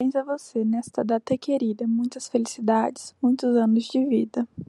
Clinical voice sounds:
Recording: short text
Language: Brazilian Portuguese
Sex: female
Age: 18 to 19 years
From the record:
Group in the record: control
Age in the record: 19 years

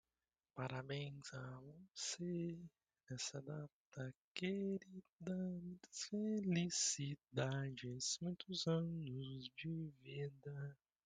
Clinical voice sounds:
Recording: short text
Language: Brazilian Portuguese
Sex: male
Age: 20 to 29 years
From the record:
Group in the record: control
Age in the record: 23 years

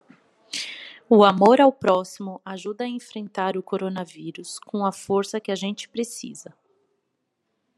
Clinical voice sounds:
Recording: spoken sentence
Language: Brazilian Portuguese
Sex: female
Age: 30 to 39 years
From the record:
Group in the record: control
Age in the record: 37 years

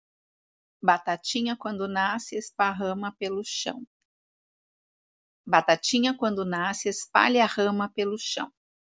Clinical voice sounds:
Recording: short text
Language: Brazilian Portuguese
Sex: female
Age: 50 to 59 years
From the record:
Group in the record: control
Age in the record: 51 years

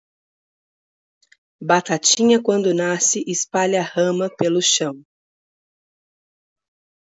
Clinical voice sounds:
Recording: short text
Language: Brazilian Portuguese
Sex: female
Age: 30 to 39 years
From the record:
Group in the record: control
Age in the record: 39 years

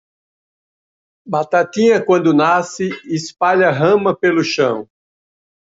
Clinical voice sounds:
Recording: short text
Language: Brazilian Portuguese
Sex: male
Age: 60 to 69 years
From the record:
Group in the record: control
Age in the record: 67 years

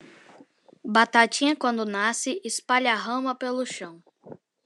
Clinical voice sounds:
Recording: short text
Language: Brazilian Portuguese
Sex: female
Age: 40 to 49 years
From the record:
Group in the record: control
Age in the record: 41 years

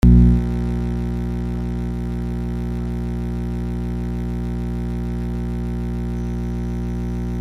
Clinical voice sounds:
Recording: short text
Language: Brazilian Portuguese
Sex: male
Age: 70 to 79 years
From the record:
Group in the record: control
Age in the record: 74 years

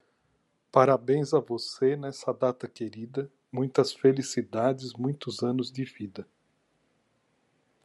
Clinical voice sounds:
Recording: short text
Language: Brazilian Portuguese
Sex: male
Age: 60 to 69 years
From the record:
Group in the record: control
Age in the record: 61 years

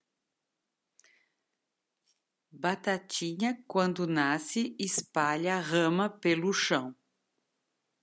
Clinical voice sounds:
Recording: short text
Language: Brazilian Portuguese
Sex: female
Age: 40 to 49 years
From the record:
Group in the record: control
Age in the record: 49 years

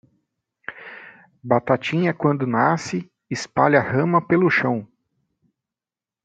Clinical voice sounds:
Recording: short text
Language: Brazilian Portuguese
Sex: male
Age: 40 to 49 years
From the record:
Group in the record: control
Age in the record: 46 years

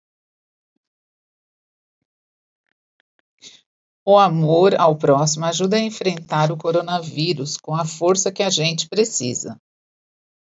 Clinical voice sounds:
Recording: spoken sentence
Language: Brazilian Portuguese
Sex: female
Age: 50 to 59 years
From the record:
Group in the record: control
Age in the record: 56 years

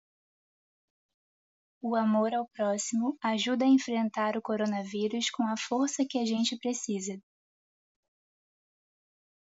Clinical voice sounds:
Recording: spoken sentence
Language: Brazilian Portuguese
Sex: female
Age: 20 to 29 years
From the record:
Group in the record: control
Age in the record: 26 years

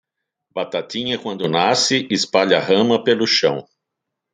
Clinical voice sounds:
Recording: short text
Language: Brazilian Portuguese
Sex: female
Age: 50 to 59 years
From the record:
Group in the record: control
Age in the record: 52 years

